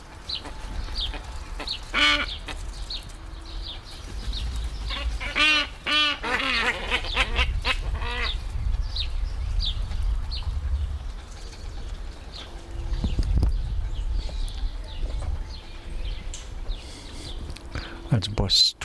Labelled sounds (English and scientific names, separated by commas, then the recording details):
Hadada Ibis (Bostrychia hagedash) call
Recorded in captivity
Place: Tierpark Berlin, Berlin, DE
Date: 1996-05-01 17:47
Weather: heiter, 17°C
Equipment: Sony MD-WM MZ-R3, Sennheiser MKH 416 T, Kopie Uher 4000 Report Monitor
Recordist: Tembrock, Günter